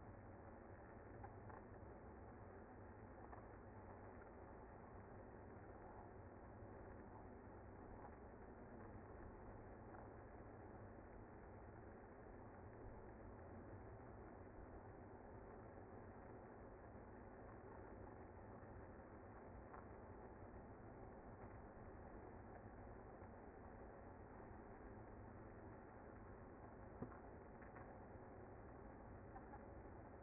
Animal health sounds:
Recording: honeybee colony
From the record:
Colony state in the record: active

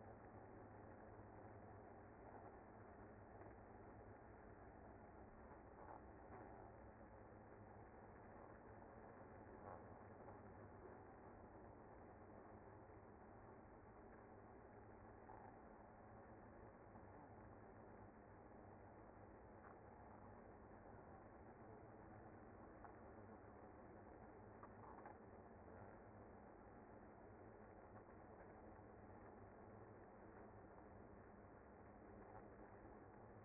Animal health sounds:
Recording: honeybee colony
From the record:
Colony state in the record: active

